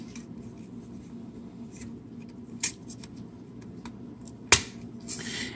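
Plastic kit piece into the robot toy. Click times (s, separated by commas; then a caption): 4.5 s. A plastic piece from the Perfect Effect PC-17 upgrade kit is slotted into a Combiner Wars Ultra Magnus plastic robot toy, with faint handling noise and a softer tick at 2.6 s. A sharp, loud click at 4.5 s marks the piece seating, followed by light rustling.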